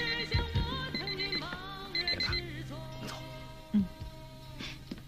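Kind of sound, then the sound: signal or alarm, telephone ringing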